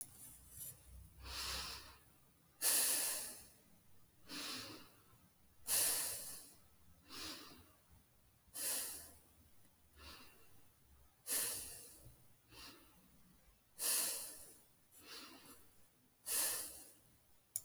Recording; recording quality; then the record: deep breathing; excellent, no background noise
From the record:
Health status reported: healthy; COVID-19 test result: not tested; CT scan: not taken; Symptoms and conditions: none ticked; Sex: female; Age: 31 years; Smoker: no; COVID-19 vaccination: none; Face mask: not worn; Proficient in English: yes